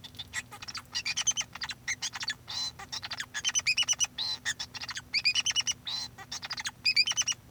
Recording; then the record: song of a male Bengalese finch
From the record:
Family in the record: son of father 2